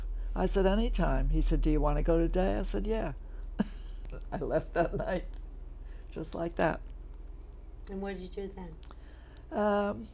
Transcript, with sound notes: I said, "Anytime." He said, "Do you want to go today?" I said, "Yeah." [chuckles] I left that night, just like that.
And what'd you do then?